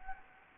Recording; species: mosquito wingbeat signal from an infrared sensor; Anopheles gambiae